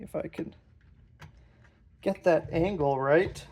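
A small plastic peg is lined up at an angle to go into the socket in the back of a transforming toy robot figure's head while someone talks. Only quiet handling noises are heard, with a faint tick at 1.2 s. Nothing has seated or clicked yet.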